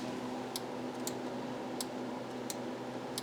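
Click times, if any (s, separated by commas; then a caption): none. Someone works the plastic locking latch for the tonearm elevator on a vintage Pioneer PL 670 turntable, producing faint, sharp ticks over a steady low hum. The lock has not clicked into place and nothing has seated yet; it fails to catch, likely because a tiny plastic piece is broken.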